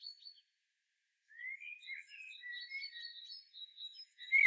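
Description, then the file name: Common blackbird song: a short high note, a pause, then a run of mid-pitched warbled and twittering phrases. A sharp louder sound comes at the very end. "Turdus merula"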